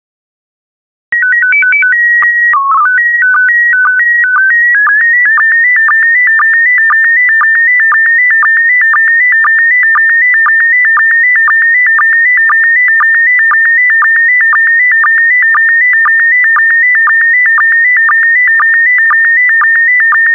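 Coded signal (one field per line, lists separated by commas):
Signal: SSTV (slow-scan television)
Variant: PD120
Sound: short calibration tones, then steady warbling whine with rhythmic clicks about twice a second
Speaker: complete. You can now check your decoded image against the picture that is shown on the video.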